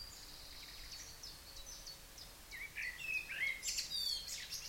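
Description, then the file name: Common blackbird gives one short mellow warble ending in squeaky high twitters, after a run of thin, high repeated notes from another bird. "Turdus merula"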